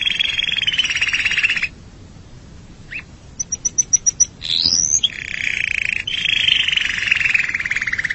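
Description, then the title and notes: Canary song: a steady buzzy trill, a pause, a row of sharp high ticks and a rising sweep, then more rolling trills. "Suara Burung Kenari"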